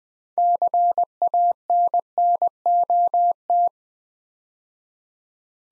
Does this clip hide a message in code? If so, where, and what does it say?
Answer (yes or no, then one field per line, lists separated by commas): yes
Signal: Morse code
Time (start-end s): 0.4-3.7 s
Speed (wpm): 20 wpm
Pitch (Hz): 700 Hz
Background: none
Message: CANNOT